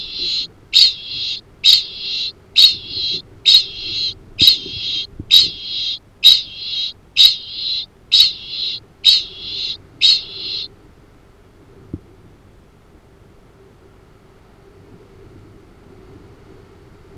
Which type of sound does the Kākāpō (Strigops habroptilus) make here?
ching call